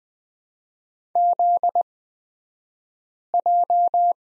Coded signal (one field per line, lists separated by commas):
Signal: Morse code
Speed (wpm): 20 wpm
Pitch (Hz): 700 Hz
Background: none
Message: ZJ